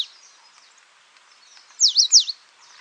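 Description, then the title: Coal-crested Finch call: a quick burst of a few sharp, high chirps after a quiet stretch with faint background notes. "LuckyPassaro Completos2Sama. Coal-crested Finch (Charitospiza eucosma)"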